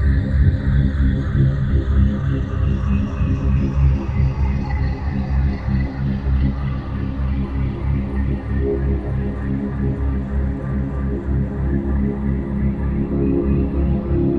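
A full-spectrum binaural drone built on a low C# near 65.4 Hz with a slow 3.2 Hz delta beat. The dense, humming low tone holds steady at an even level throughout, with layered buzzing overtones and faint hiss shimmering above it.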